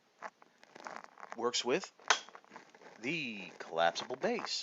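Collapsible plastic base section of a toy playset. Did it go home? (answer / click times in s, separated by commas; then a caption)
no / none. Someone talks while handling the collapsible plastic base of a TMNT Secret Sewer Lair toy playset, with light plastic taps and a sharp knock at about 2.1 s. Nothing has seated or snapped into place yet.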